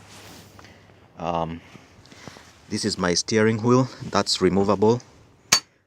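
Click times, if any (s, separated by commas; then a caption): 5.5 s. A removable steering wheel is put back on its quick-release hub and twisted until it locks, while someone talks. A single sharp metallic hit at 5.5 s is the lock engaging, and the wheel is seated on the hub.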